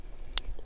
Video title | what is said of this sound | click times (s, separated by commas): Replacing spark plugs and coil packs on a mk6 Vw jetta 2.5L (DIY) | push a little bit harder so you can get it in so you can get it to click. | 0.4 s